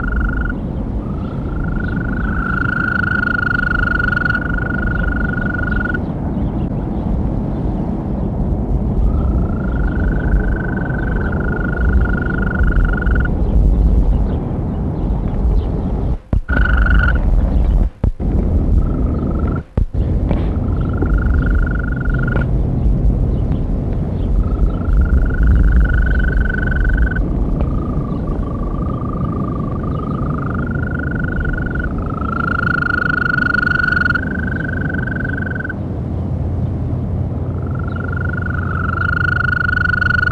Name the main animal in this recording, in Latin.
Bufo viridis